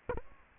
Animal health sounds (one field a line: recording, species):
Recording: mosquito wingbeat signal from an infrared sensor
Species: Aedes aegypti